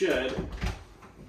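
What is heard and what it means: Someone talks while handling a fitting on an IKEA kitchen cabinet during installation, likely a door hinge being pushed onto its mounting plate or a clip-on part, with low thumps and handling noise. Nothing has seated or clicked yet; the clip ends just before the part goes home.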